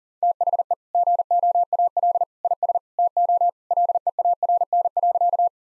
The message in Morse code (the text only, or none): THE GOAL IS TO LEARN.